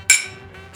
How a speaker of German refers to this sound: Klingt super gut, Wein aus Wassergläsern und dann anstoßen. Das hat was.